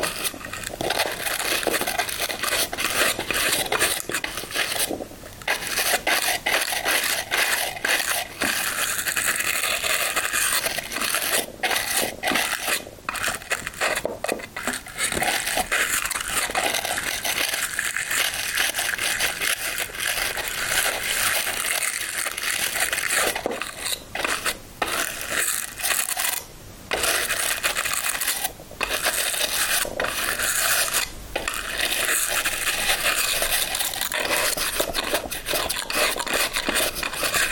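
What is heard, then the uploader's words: Ear cleaning with a brush makes a dense, bright bristly scraping that runs almost without pause for the whole stretch. Short silent gaps break it now and then, near 5, 15, 26 and 30 seconds, and the rubbing strokes vary a little in loudness. ブラシASMR ぞわぞわする耳かき. Ear Cleaning/BRUSHING.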